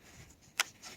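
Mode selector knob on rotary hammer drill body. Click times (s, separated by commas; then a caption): 0.6 s. On a rotary hammer drill body, the release button on the mode selector is pressed and the knob is turned. At 0.6 s it detents into the new mode with a single sharp, bright tick, standing out from a faint background hiss. The knob clicks and locks into position.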